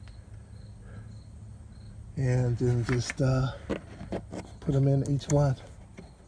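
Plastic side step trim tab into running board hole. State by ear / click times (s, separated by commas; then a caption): not seated / none. A plastic tab under the side step trim of a BMW X5/X6 E71 is being handled and pushed toward its hole in the running board, but nothing has seated or clicked yet. Someone talks in short bursts over a faint, steady high-pitched hiss, with a few soft handling taps between the words.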